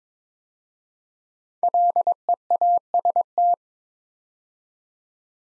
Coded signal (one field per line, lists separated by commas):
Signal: Morse code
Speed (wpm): 22 wpm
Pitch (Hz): 700 Hz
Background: none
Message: LEAST